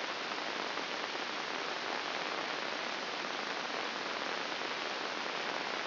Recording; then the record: brain microelectrode recording played as sound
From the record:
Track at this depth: inside the subthalamic nucleus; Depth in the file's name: 6.261 mm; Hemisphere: left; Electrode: 2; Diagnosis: Parkinson's disease